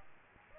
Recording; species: mosquito wingbeat signal from an infrared sensor; Aedes aegypti